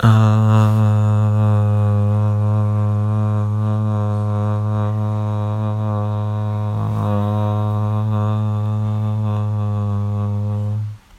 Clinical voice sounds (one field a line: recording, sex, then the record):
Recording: sustained vowel /a/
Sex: male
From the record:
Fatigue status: no fatigue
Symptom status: asymptomatic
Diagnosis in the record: COVID-19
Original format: m4a